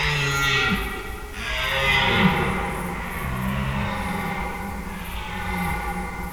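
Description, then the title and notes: Red deer stag roaring, a few deep harmonic bellows in quick succession. Stags calling overnight during the rut; Schönbuch near Tübingen, Germany; September 2023. "red deer stags calling during the rut. Recorded in Schönbuch, near Tübingen, DE"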